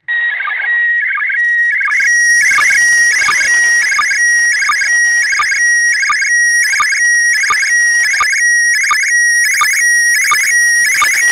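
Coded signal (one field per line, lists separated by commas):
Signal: SSTV (slow-scan television)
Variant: PD 90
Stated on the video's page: Heroes' Day SSTV transmission received at grid OI52eg.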